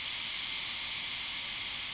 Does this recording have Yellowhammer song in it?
no